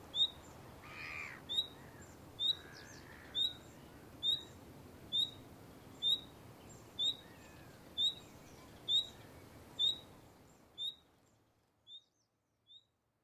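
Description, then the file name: Common nightingale calls: a single clear, high whistled note repeated about once a second many times, fading toward the end, with faint other bird chirps early on. "Luscinia megarhynchos"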